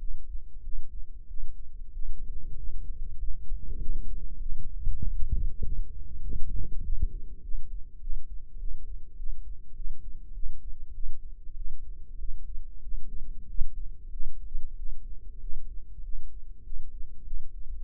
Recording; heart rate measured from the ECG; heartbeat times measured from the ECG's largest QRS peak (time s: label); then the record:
heart sounds by microphone in the left ear; 98 bpm
0.61 s: heartbeat
1.26 s: heartbeat
1.91 s: heartbeat
2.54 s: heartbeat
3.16 s: heartbeat
3.77 s: heartbeat
4.38 s: heartbeat
5.00 s: heartbeat
5.61 s: heartbeat
6.21 s: heartbeat
6.81 s: heartbeat
7.41 s: heartbeat
7.99 s: heartbeat
8.57 s: heartbeat
9.15 s: heartbeat
9.73 s: heartbeat
10.32 s: heartbeat
10.92 s: heartbeat
11.54 s: heartbeat
12.17 s: heartbeat
12.80 s: heartbeat
13.45 s: heartbeat
14.09 s: heartbeat
14.75 s: heartbeat
15.39 s: heartbeat
16.01 s: heartbeat
16.62 s: heartbeat
17.23 s: heartbeat
17.83 s: heartbeat
From the record:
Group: healthy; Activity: rest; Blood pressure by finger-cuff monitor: 109/66 mmHg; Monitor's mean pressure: 79 mmHg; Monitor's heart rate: 98 bpm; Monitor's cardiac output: 8.4 L/min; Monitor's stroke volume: 85 mL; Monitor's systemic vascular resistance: 670 dyn s/cm5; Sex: male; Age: 19 years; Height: 178 cm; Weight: 83 kg